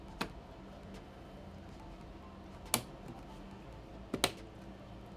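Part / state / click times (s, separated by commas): DDR5 memory module into motherboard DIMM slot / seated / 2.7 s, 4.2 s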